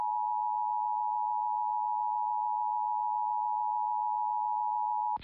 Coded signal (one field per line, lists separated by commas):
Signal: Emergency Alert System (SAME) tones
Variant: 853 and 960 Hz attention tone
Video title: EAS Timeline: Sioux Falls, South Dakota "Green Sky Derecho" of July 5th NOAA Weather Radio